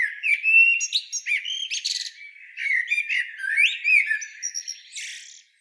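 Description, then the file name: Common blackbird song, a dense run of mellow warbled phrases broken by high squeaky twitters and rising whistles, continuing almost without pause before ending abruptly. "Turdus merula"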